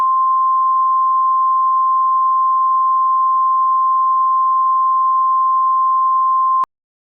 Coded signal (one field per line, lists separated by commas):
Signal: Emergency Alert System (SAME) tones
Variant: 1050 Hz attention tone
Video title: EAS Scenario: Do Not Look Up